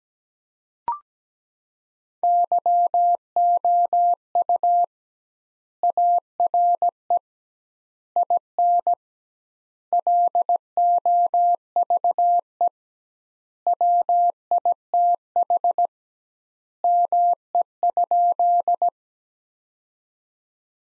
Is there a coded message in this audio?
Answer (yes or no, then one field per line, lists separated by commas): yes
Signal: Morse code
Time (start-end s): 2.2-18.9 s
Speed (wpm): 17 wpm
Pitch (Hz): 700 Hz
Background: none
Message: YOU ARE IN LOVE WITH ME?